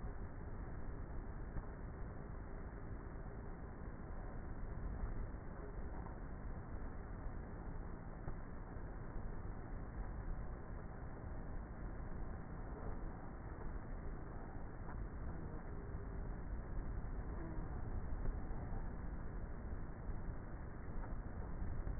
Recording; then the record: honeybee colony, microphone inside the hive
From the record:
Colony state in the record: queenless with a low population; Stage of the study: before two queens were removed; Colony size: about 30,000 bees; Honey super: no